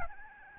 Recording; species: mosquito wingbeat signal from an infrared sensor; Aedes albopictus